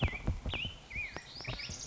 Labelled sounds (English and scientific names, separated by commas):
Black-headed Grosbeak (Pheucticus melanocephalus)